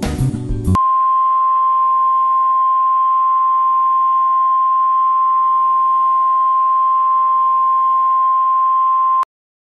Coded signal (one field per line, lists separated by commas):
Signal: Emergency Alert System (SAME) tones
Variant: 1050 Hz attention tone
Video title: EAS Scenario: Nuclear Bombing for Central US